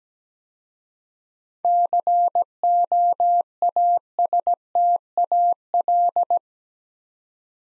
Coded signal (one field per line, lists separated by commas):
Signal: Morse code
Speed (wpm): 17 wpm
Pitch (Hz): 700 Hz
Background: none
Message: COASTAL